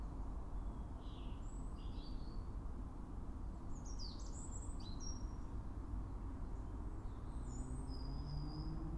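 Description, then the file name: European robin song: scattered high, sibilant phrases and a thin sustained whistle near the end, over steady deep background rumble. "Erithacus rubecula"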